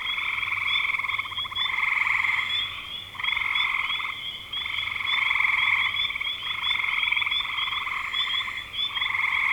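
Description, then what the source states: Chorus of frogs giving pulsed trills in bursts of a second or two, separated by short gaps, over a constant high-pitched trilling background. Recorded in spring 2025.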